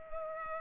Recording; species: mosquito wingbeat signal from an infrared sensor; Culex pipiens